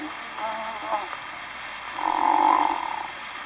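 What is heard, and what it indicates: Adult comically imitating a snorer: type 3B, the conversational or troubled conscience snore, merging from type 3A. Snoring with mumbling (imitated).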